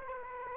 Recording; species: mosquito wingbeat signal from an infrared sensor; Aedes aegypti